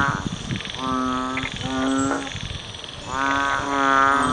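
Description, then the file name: Banded bullfrog calls: several low, droning, harmonic moos, each under a second long, in a loose series. "เสียงอึ่งอ่างร้อง"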